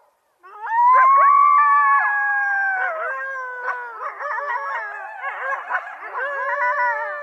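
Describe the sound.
Coyote howling: one long howl rising then holding, then several voices warbling and yipping together.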